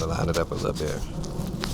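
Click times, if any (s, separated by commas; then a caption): none. A furry wind filter is being lined up over the capsule of a wireless microphone transmitter while someone talks, with a brief sharp tick near 1.6 seconds. Nothing has seated or clicked yet.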